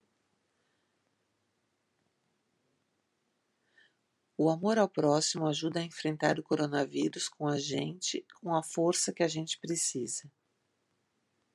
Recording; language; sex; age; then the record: spoken sentence; Brazilian Portuguese; female; 50 to 59 years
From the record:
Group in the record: control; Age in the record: 54 years